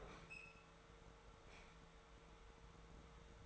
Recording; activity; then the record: daily activity, microphone in the room; open fridge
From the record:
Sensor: 3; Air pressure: 1014.9 hPa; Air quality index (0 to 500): 200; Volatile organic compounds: 29 ppm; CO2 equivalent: 2928 ppm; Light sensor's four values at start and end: 37/92/39/42 and 37/92/39/42